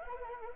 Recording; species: mosquito wingbeat signal from an infrared sensor; Anopheles arabiensis